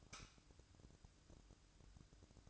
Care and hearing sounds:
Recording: daily activity, microphone in the room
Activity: light on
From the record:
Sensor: 2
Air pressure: 1007.7 hPa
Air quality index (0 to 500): 63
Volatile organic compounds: 1 ppm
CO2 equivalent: 604 ppm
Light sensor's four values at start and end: 9/22/9/10 and 15/41/17/16

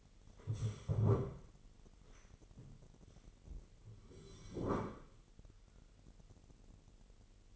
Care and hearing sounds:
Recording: daily activity, microphone in the room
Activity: stand up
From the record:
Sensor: 4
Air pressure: 999.4 hPa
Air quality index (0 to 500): 109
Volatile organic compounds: 2 ppm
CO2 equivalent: 1082 ppm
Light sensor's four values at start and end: 11/26/10/11 and 11/26/10/11

